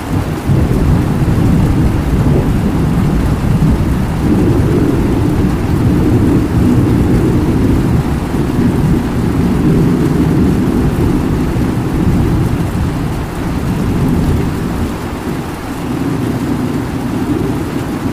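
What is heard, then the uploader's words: A heavy rainstorm roars steadily for the whole stretch, with a deep, rumbling low end like rolling thunder or rushing river water underneath. The sound is dense and constant, thick in the lows with a softer hiss above, easing slightly around fifteen seconds. Thunder & Rainstorm with River Water Sounds.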